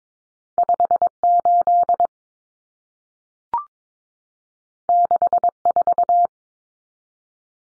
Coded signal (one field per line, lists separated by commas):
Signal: Morse code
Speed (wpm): 22 wpm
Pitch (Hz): 700 Hz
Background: none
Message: 58 64